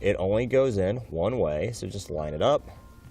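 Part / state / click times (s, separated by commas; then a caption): automotive relay into relay harness socket / not seated / none. A brown automotive relay is lined up with the brown socket of a relay harness, part of a Curt T-Connector wiring harness for the factory tow package on a 2016 Nissan Frontier. Someone talks throughout while the part is handled. Nothing has seated or clicked yet.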